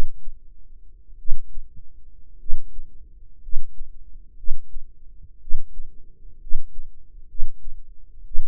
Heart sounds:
heart sounds by microphone in the right ear; 59 bpm
1.16 s: heartbeat
2.37 s: heartbeat
3.40 s: heartbeat
4.35 s: heartbeat
5.38 s: heartbeat
6.38 s: heartbeat
7.26 s: heartbeat
8.23 s: heartbeat
From the record:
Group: healthy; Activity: rest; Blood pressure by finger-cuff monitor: 110/72 mmHg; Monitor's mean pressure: 88 mmHg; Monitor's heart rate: 59 bpm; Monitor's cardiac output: 6 L/min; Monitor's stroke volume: 99 mL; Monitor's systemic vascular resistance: 1100 dyn s/cm5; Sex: female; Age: 23 years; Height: 160 cm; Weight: 50.4 kg

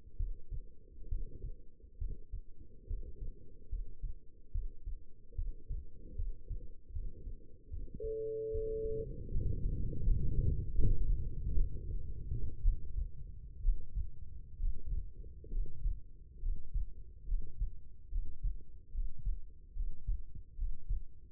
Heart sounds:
heart sounds by stethoscope; 71 bpm
0.16 s: heartbeat
1.09 s: heartbeat
1.98 s: heartbeat
2.87 s: heartbeat
3.69 s: heartbeat
4.52 s: heartbeat
5.35 s: heartbeat
6.15 s: heartbeat
6.92 s: heartbeat
7.69 s: heartbeat
8.51 s: heartbeat
9.31 s: heartbeat
10.03 s: heartbeat
10.74 s: heartbeat
11.55 s: heartbeat
12.62 s: heartbeat
13.62 s: heartbeat
14.58 s: heartbeat
15.51 s: heartbeat
16.41 s: heartbeat
17.27 s: heartbeat
18.10 s: heartbeat
18.93 s: heartbeat
19.75 s: heartbeat
20.57 s: heartbeat
From the record:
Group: healthy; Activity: rest 0-7 s, Valsalva maneuver 7-21 s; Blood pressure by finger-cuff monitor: 140/86 mmHg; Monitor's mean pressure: 102 mmHg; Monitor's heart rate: 72 bpm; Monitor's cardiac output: 5.9 L/min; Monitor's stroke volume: 82 mL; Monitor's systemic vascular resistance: 1170 dyn s/cm5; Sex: female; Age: 22 years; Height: 171 cm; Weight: 65.6 kg

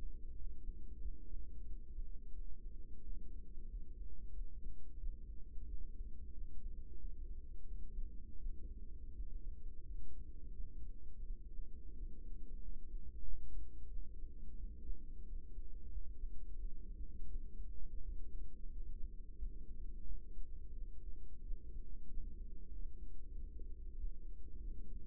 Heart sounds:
heart sounds by microphone in the right ear; 89 bpm
0.35 s: heartbeat
0.99 s: heartbeat
1.64 s: heartbeat
2.31 s: heartbeat
3.01 s: heartbeat
3.66 s: heartbeat
4.31 s: heartbeat
4.97 s: heartbeat
5.65 s: heartbeat
6.31 s: heartbeat
6.96 s: heartbeat
7.63 s: heartbeat
8.37 s: heartbeat
9.13 s: heartbeat
9.83 s: heartbeat
10.52 s: heartbeat
11.22 s: heartbeat
11.93 s: heartbeat
12.59 s: heartbeat
13.22 s: heartbeat
13.87 s: heartbeat
14.55 s: heartbeat
15.23 s: heartbeat
15.89 s: heartbeat
16.55 s: heartbeat
17.26 s: heartbeat
18.00 s: heartbeat
18.70 s: heartbeat
19.36 s: heartbeat
20.03 s: heartbeat
20.72 s: heartbeat
21.41 s: heartbeat
22.07 s: heartbeat
22.69 s: heartbeat
23.33 s: heartbeat
23.95 s: heartbeat
24.58 s: heartbeat
From the record:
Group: healthy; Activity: rest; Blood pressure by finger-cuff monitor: 126/65 mmHg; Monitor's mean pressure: 85 mmHg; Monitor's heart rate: 89 bpm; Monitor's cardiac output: 8.1 L/min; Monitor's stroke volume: 91 mL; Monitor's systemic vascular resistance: 750 dyn s/cm5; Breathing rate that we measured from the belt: 19 breaths a minute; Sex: female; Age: 24 years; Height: 163 cm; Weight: 55.7 kg

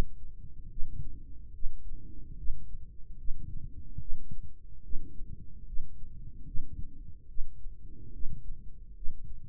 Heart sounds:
heart sounds by microphone in the right ear; 73 bpm
0.71 s: heartbeat
1.55 s: heartbeat
2.39 s: heartbeat
3.19 s: heartbeat
4.01 s: heartbeat
4.85 s: heartbeat
5.68 s: heartbeat
6.47 s: heartbeat
7.30 s: heartbeat
8.14 s: heartbeat
8.96 s: heartbeat
From the record:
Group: healthy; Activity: rest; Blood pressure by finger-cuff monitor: 125/90 mmHg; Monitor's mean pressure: 101 mmHg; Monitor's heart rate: 72 bpm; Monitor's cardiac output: 3.4 L/min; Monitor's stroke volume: 47 mL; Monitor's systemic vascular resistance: 2200 dyn s/cm5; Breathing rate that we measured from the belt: 20 breaths a minute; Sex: male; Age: 55 years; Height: 167 cm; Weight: 57.2 kg

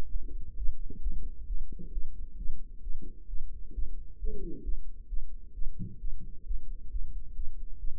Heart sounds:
heart sounds by microphone in the right ear; 133 bpm
0.11 s: heartbeat
0.57 s: heartbeat
1.02 s: heartbeat
1.47 s: heartbeat
1.92 s: heartbeat
2.37 s: heartbeat
2.82 s: heartbeat
3.28 s: heartbeat
3.74 s: heartbeat
4.19 s: heartbeat
4.64 s: heartbeat
5.09 s: heartbeat
5.54 s: heartbeat
6.00 s: heartbeat
6.46 s: heartbeat
6.91 s: heartbeat
7.35 s: heartbeat
7.79 s: heartbeat
From the record:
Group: healthy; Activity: rest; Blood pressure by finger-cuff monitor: 126/73 mmHg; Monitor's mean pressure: 89 mmHg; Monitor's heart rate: 133 bpm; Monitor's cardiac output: 10.9 L/min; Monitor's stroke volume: 83 mL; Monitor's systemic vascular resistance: 590 dyn s/cm5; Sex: female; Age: 19 years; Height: 163 cm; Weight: 51 kg

